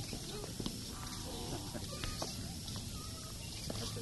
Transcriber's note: laughs